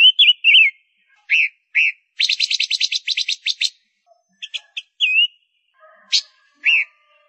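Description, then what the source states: Gouldian finch song: a few slurred whistles, a quick buzzy pulsed trill, then scattered chirps and further short whistles. Female bird singing.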